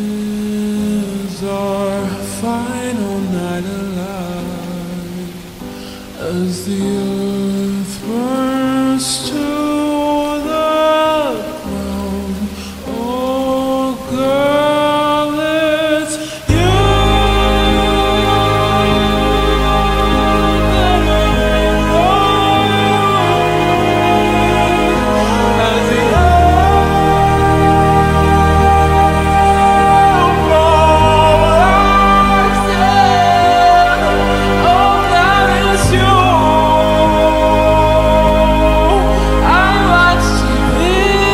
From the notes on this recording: Dark academia atmosphere plus rain